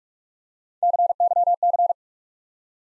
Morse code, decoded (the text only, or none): CYC